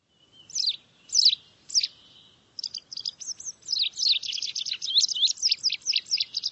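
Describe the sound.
Bird calls: a few sharp high chirps, then a rapid twittering run of squeaky, buzzy high notes continuing to the end.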